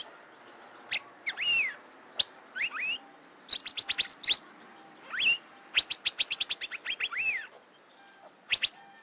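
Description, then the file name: Asian fairy-bluebird calls: sharp, quick upward-sweeping notes mixed with short liquid whistles that rise then dip, given in loose bursts throughout. "suara kacembang gadung"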